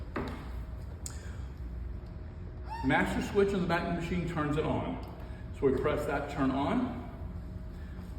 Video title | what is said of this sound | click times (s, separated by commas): X-Scrub Mini New machine Set up for first time use. | directly to the machine and it clicks in place. | 1.1 s